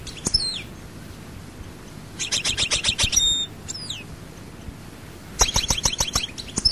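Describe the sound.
European goldfinch song: brief bursts of fast twittering and descending slurred notes with quiet gaps between.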